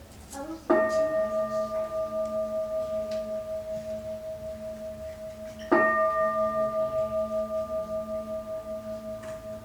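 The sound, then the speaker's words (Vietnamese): A temple bell is struck twice, about five seconds apart, before a Buddhist precept transmission at a retreat in Arizona, each strike blooming into a long, steady, shimmering ring of layered tones that pulses gently as it sustains. No one speaks. “Đến thầy ba tiếng chuông.”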